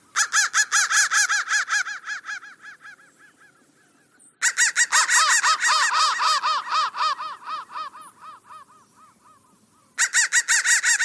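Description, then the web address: Crow cawing in dense, raspy bursts of rapid repeated notes that fade out, separated by short silences, a new burst starting near the end. "soundfactory crow"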